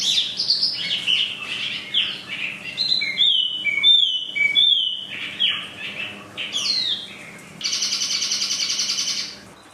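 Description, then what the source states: Chinese hwamei song: tumbling whistled phrases and wavy sliding notes, followed by a sustained rasping buzz near the end. For training cage birds.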